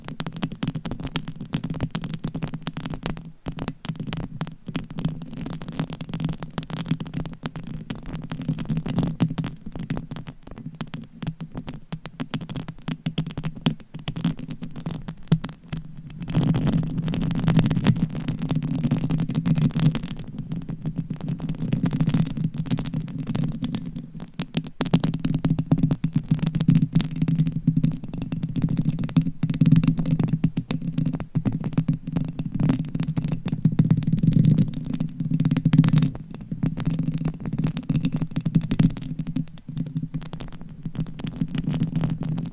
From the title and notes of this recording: ASMR Mic Scratching - Brain Scratching with Different Mic Covers 100% Tingles - Asmr No Talking.